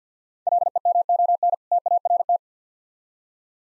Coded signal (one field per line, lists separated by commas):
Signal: Morse code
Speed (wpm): 50 wpm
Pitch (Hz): 700 Hz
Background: none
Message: LEMON TART